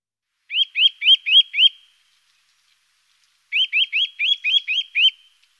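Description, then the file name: Eurasian nuthatch calling in two fast runs of clear, upslurred whistled notes, about five then seven notes, separated by a silent pause. "Sittelle torchepot"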